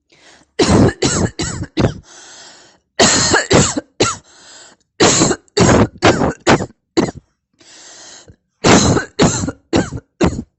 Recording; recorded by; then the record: voluntary cough; messaging app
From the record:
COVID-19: negative